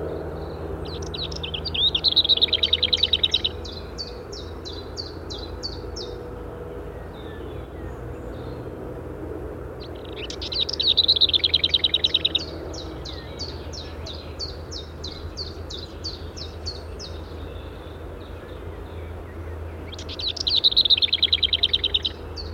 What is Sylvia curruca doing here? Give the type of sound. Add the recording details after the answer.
song. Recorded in the wild. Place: Borovez, Rila-Gebirge, Sofia, BG. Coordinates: 42.271, 23.601. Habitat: Mountains. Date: 1974-05-27. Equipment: Nagra III BH, Sennheiser MD 21, parabola. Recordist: Schubert, Michael. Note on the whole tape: Gesang Klappergrasmücke